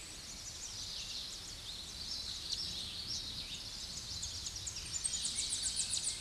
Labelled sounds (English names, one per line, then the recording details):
Common Yellowthroat song
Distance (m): 50 m
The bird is about 5 m below the microphone
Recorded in a Pennsylvania forest on 16 May 2024 at 07:04
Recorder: AudioMoth, point MSD-0661
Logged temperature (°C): 15.8 °C
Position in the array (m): 32 m, 154 m